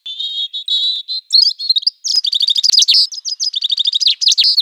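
Bird song of high whistled notes, a steady warble at first, then rapid chirps and fast trilled phrases with clicky accents, with one brief pause partway through.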